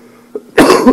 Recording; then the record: coughing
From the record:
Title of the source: Coughing 77